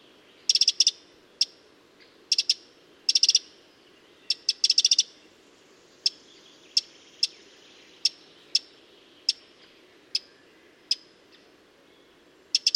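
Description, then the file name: Eurasian wren: clustered rapid ticks at first, then single sharp clicks repeated roughly every half second to second, over faint hiss. "Troglodytes troglodytes"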